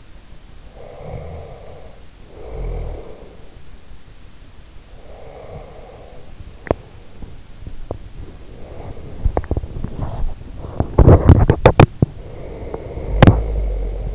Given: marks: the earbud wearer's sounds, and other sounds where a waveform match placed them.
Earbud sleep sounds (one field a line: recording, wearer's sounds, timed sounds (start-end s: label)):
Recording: sounds in sleep by an in-ear microphone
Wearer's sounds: snoring breath, breath, teeth grinding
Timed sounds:
0.68-3.39 s: snoring breath
4.85-6.45 s: breath
6.45-13.79 s: teeth grinding